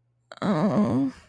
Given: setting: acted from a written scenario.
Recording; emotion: vocal sound without words; embarrassment